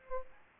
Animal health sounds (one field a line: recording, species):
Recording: mosquito wingbeat signal from an infrared sensor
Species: Aedes aegypti